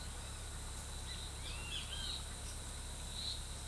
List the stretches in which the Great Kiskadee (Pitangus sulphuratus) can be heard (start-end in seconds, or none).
1.36-2.13